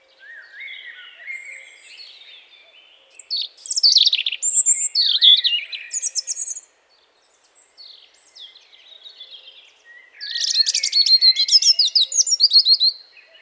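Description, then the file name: European robin singing varied, high, warbling phrases with quick trills and thin whistles, loud bursts around three to seven seconds and again near ten seconds, softer twittering between. "Erithacus rubecula"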